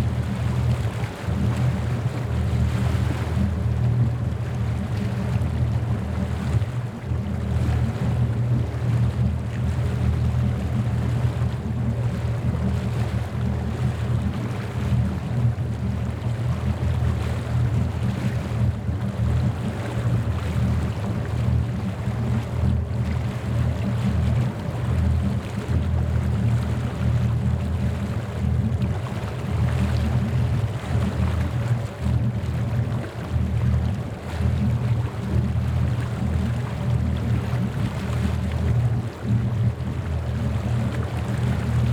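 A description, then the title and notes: A boat ride rumbles steadily with a deep, constant engine drone and hum, overlaid by rushing water and wind noise throughout. Rumbling Boat Ride.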